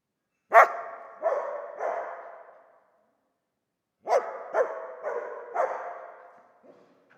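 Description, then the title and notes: Dog barking in two bursts, three loud barks then four more after a short pause, each bark ringing out with a long fading tail. Old dog trapped in the pool basin of the decaying El Glaoui palace courtyard, Fès, Morocco; circling in full sun, rearing on hind legs, barking at visitors; recorded with Zoom F3 and ORTF rig. "Fès, Fès-Meknès, Maroc - le chien du palais El Glaoui. Palais El Glaoui Dans la cour du palais (en décrépitude avancée), un vieux chien est "prisonnier" dans le bassin/piscine. Il se dresse sur ses pattes arrières pour entrevoir quelques secondes ce qui se passe dans la cour et "invective" les visiteurs de ses aboiements. Prise de sons : JF CAVRO"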